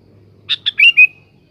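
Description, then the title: Sooty-headed bulbul song phrase of two short bursts and a rolling, clear whistled ending. "Kutilang"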